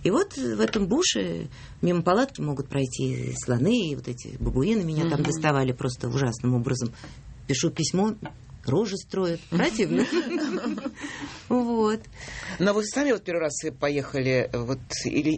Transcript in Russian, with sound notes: И вот в этом буше мимо палатки могут пройти слоны, и вот эти бабуины меня там доставали просто ужасным образом. Пишу письмо – рожи строят… (смех) Вот.
Но вы сами вот первый раз поехали или…